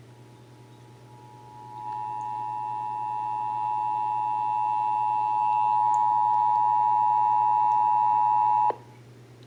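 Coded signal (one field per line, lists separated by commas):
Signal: Emergency Alert System (SAME) tones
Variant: 853 and 960 Hz attention tone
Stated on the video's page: Texas Required Monthly Test heard on several radio and TV stations.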